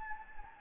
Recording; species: mosquito wingbeat signal from an infrared sensor; Anopheles gambiae